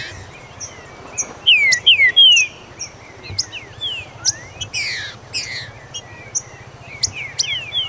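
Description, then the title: Green-winged saltator singing a quick run of loud, slurred falling whistles, among scattered high chirps and a steady low hum. "Trinca Ferro"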